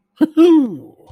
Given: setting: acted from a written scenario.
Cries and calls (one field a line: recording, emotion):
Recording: vocal sound without words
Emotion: triumph